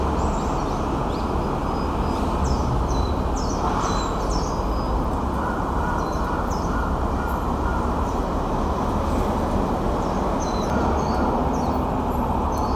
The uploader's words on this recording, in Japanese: 公園の朝散歩より565シジュウカラ。